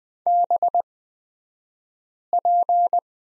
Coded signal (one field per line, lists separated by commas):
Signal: Morse code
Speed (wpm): 20 wpm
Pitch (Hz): 700 Hz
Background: none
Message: BP